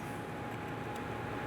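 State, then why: Not seated. A new turn signal bulb for a 2005-2010 Chrysler 300 is lined up with the tail light bulb socket before it is pressed in. Only a steady, even broadband rumble and hiss is heard, with no sudden sounds. The bulb has not been pressed in yet, and nothing has seated or clicked.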